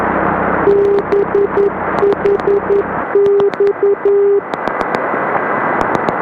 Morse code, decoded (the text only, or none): BHX